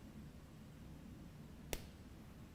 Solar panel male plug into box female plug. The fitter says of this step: we're going to connect these together and press until you hear a click